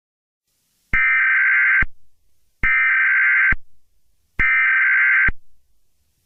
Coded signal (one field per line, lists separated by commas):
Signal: Emergency Alert System (SAME) tones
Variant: header bursts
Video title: EAS Scenario - Meltdown